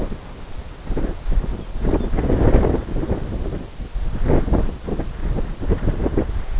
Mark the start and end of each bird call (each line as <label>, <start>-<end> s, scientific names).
Calcarius lapponicus, 1.60-2.08 s